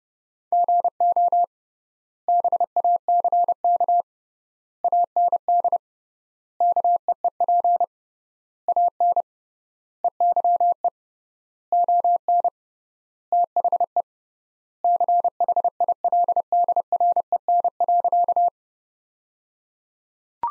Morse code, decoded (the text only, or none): GO BACK AND KEEP AN EYE ON THE CHILDREN.